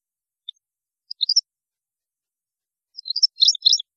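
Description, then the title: European goldfinch giving a single high chip, a short tinkling burst, then after a pause a longer twittering burst at the end. "Chant Chardonneret"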